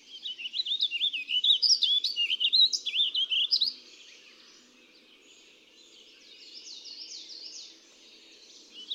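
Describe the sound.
Warbling vireo delivering one long, hurried warble of looping up-and-down notes, followed a few seconds later by a fainter, softer run of similar notes.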